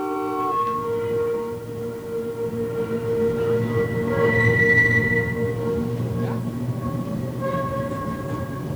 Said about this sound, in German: Ich fahre mit der Straßenbahn. Aber wohin fahren wir denn? Es sitzen mehrere in der Bahn.